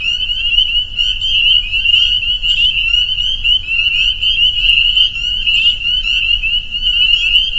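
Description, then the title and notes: Spring peeper chorus, a steady wall of high shrill peeps from many frogs, overlapping without pause. Soundscape of a spring peeper chorus at a pond on friends' property in northern Vermont. "Peepers. a soundscape recorded at the peeper pond on our friends' property in northern Vermont"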